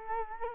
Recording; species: mosquito wingbeat signal from an infrared sensor; Culex quinquefasciatus